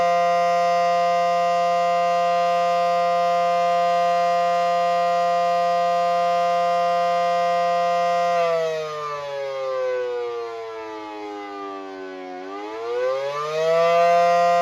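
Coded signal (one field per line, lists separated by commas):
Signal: siren signal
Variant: attack (wavering) signal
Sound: loud steady siren wail that drops in pitch, then climbs back up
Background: outdoor ambience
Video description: Siren signal attack for 5 minutes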